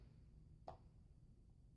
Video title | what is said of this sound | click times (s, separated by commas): How to prepare a double transducer | that's when it when it locks into place so it doesn't come back out | 0.7 s